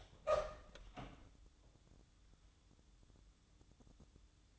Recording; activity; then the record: daily activity, microphone in the room; open door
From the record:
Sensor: 3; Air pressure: 1004.9 hPa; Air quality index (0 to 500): 74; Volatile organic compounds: 2 ppm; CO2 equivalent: 1115 ppm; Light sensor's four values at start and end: 8/20/8/8 and 8/20/8/8